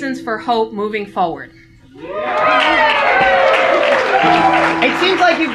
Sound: applause